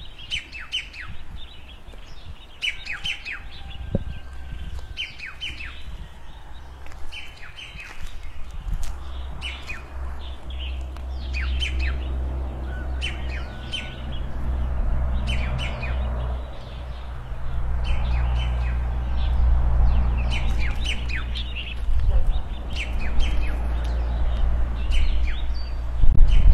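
Small birds chirp and tweet in quick, repeated bursts throughout a morning outside a house, over a steady low rumble that grows slightly louder.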